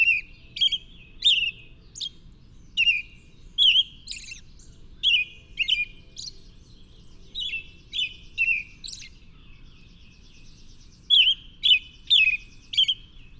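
Bird song of crisp, high chirps, each a quick downward slur, delivered in loose runs with a brief silent gap before a final cluster of notes.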